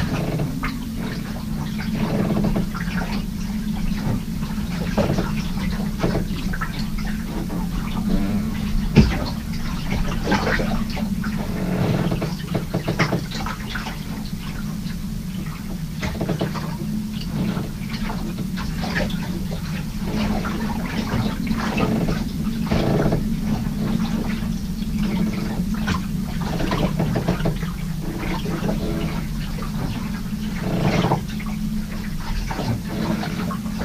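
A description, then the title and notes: Tide water runs past a sailboat's fibreglass hull on the River Crouch in a gale, a steady low rushing wash that never lets up. Short creaking strains from the mooring ropes cut through again and again, some louder, with a sharp knock near nine seconds. I’m in a sailboat on the River Crouch in the UK, moored up alongside a pontoon—in a gale. You hear the tide running passed the fibreglass hull, along with the screech of the mooring ropes as they wax and wane to the wind while it pushes and pulls eight tons of fibreglass, wood and steel, trying to set us loose. It’s night.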